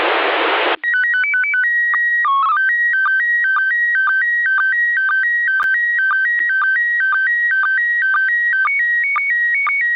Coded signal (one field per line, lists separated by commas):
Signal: SSTV (slow-scan television)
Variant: PD 120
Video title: SSTV de L'ISS les 7 et 8 Février 2022. Baofeng UV-5R et antenne HB9CV.